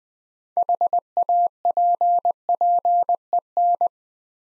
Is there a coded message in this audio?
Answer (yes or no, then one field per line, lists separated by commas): yes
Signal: Morse code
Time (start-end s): 0.6-3.9 s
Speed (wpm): 21 wpm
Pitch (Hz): 700 Hz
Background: none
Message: HAPPEN